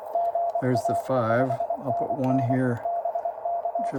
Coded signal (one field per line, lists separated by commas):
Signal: Morse code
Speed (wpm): 26 wpm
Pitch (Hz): 680 Hz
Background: speech, radio noise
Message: GA 5NN BK